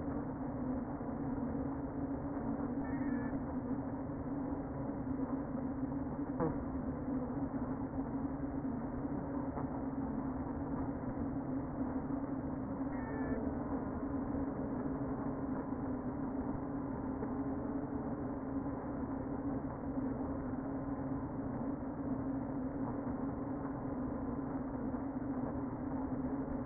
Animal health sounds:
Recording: honeybee colony, microphone inside the hive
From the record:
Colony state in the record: queen present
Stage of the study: before two queens were removed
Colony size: about 60,000 bees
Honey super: yes

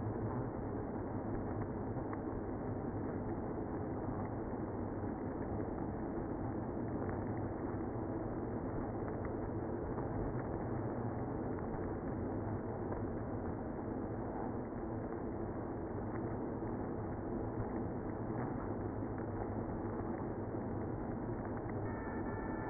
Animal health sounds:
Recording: honeybee colony, microphone inside the hive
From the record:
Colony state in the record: queenless (queen removed)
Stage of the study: after two queens were removed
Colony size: about 60,000 bees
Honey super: yes

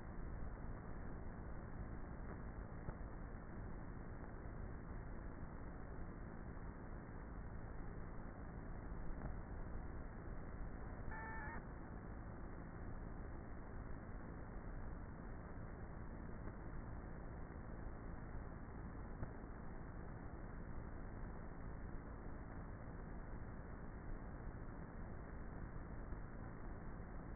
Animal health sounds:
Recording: honeybee colony, microphone inside the hive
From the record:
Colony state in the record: queenless with a low population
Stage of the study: before two queens were removed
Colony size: about 30,000 bees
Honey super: no

